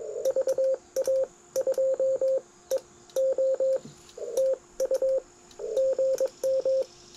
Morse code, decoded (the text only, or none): VA 2 E O TU GM